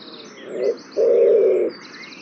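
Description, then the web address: Bird with a short low note followed by a longer steady coo, while small birds chirp and trill faintly high above. "cianscape birddata Deverinetal 2025 Bird Only"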